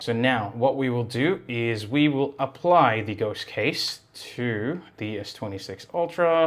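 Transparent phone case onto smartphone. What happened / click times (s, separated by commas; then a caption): No seating click yet; only talk while the case is about to go on / none. Someone talks while preparing to press a clear hard plastic dbrand Ghost Case 2.0 onto a Samsung S26 Ultra smartphone. Only speech is heard, with no snaps or sharp sounds, and nothing has seated or clicked yet.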